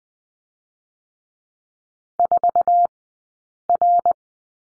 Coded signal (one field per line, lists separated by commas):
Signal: Morse code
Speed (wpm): 20 wpm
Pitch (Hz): 700 Hz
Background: none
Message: 4R